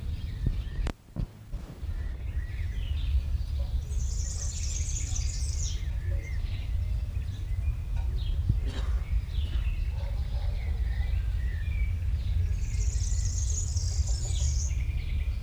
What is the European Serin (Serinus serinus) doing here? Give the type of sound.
song